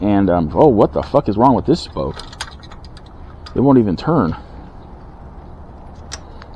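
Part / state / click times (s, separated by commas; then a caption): spoke nipple on a bicycle wheel spoke / stripped / 6.1 s, 6.4 s. Someone talks while trying to turn a seized metal spoke nipple on an e-bike wheel spoke with a spoke wrench, but the nipple won't turn. The wrench slips with sharp metallic hits at 6.1 s and 6.4 s, and the nipple ends up stripped.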